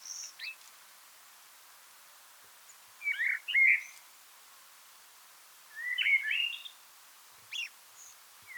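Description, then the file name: Eurasian blackbird giving two rich, fluty warbled phrases a few seconds apart, with scattered thin high notes before and after. "Turdus merula"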